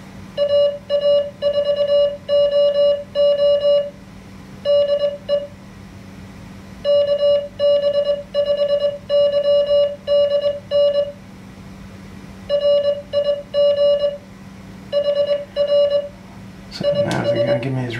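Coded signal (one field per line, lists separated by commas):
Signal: Morse code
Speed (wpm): 20 wpm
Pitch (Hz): 580 Hz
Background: none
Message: AA4OO DE KB5YDN RIG HR IS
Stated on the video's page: Simulated Morse QSO practice generated by the QSO simulator in an MFJ-493 keyer.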